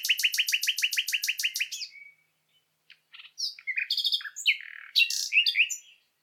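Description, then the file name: Common nightingale song opening with a fast run of about a dozen identical loud notes, followed by a varied mix of whistles, clicks and harsh trills. "Luscinia megarhynchos"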